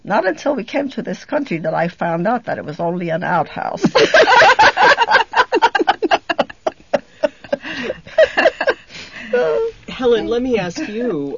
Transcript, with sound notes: Not until we came to this country did I find out that it was only an outhouse. ( they laugh )
Helen, let me ask you,